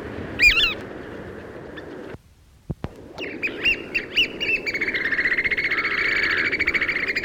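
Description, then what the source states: Chatham Island oystercatcher giving loud, downslurred piping whistles, a brief pause, more spaced notes, then a rapid continuous trilling piping run over steady rushing background noise. Chatham Islands; described as song.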